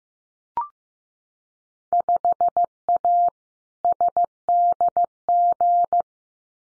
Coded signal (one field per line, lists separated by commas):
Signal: Morse code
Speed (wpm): 15 wpm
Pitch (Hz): 700 Hz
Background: none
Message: 5A SDG